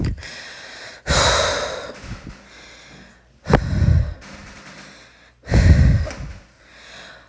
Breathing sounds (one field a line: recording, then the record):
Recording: deep breathing after running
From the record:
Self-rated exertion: moderate exertion (3 of 6)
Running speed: 5 miles an hour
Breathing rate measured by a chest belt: 28 breaths a minute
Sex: female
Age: 18 years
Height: 171 cm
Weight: 75 kg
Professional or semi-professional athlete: no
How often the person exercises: 1 to 2 times a week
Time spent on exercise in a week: under 1 hour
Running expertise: no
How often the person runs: 1 to 2 times a week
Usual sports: running, fencing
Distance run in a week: 3 km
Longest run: 21.3 km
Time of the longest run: 190 minutes